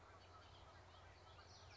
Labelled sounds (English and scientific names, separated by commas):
Bullock's Oriole (Icterus bullockii)